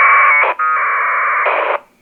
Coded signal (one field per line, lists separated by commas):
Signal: packet radio (AX.25, as in APRS)